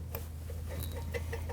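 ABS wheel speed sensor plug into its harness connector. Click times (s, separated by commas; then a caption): 0.2 s. The plastic electrical plug of a rear ABS wheel speed sensor on a 2013-2019 Ford Escape is pushed back onto its harness connector, over a steady low hum. It snaps in with a sharp click at 0.2 s, followed by a few softer ticks at about 0.8, 1.2 and 1.3 s. The plug is seated and secure.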